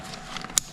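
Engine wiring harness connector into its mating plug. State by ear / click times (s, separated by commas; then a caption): seated / 0.6 s. In the engine bay of a 2016 BMW 428i xDrive during an N20/N26 turbo swap, the two halves of a plastic electrical engine wiring harness connector, the one marked with electrical tape, are pushed back together into their mating plug over a quiet, low background. A single sharp click at 0.6 s shows the connector has seated and is connected.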